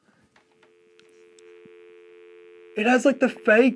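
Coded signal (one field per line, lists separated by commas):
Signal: telephone call progress tone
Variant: North America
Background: speech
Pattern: dial tone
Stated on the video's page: Heard on a rotary phone with an RJ11 jack linked to a smartphone through a Cell2Jack adapter.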